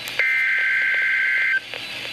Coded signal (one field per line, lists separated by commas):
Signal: Emergency Alert System (SAME) tones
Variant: header bursts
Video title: Severe Thunderstorm Watch - 06/22/15 (EAS #896)